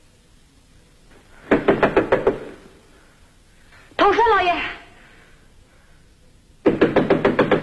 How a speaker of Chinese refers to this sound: 这时传来敲门声，是雅各的妻子艾米莉夏。